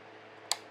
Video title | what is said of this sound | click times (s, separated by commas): Bluetti AC60 / B80 Combo Unit : In a spot all by itself | and when you push in it kind of clicks itself and locks itself into place | 0.5 s